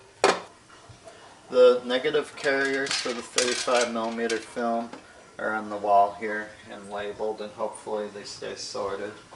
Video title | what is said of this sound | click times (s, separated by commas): What's different with 35mm film??? | otherwise everything's the same drop the funnel in make sure it's clicked into place and then it's light tight | 0.2 s